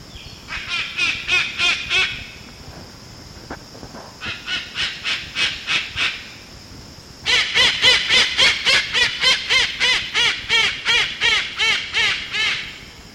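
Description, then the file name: White cockatoo delivering long runs of harsh, repeated honking calls at over three per second, a softer middle run and a long loud final sequence. "Cacatuaalba"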